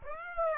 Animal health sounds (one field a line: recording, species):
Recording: mosquito wingbeat signal from an infrared sensor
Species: Aedes aegypti